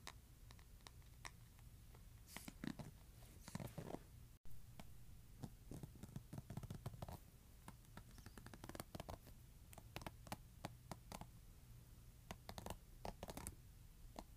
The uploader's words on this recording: ASMR Scratching Hairbrush.